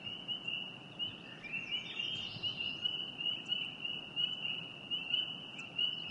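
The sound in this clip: Frog giving a continuous high-pitched trill, slightly wavering in loudness, with a few faint chirps above it.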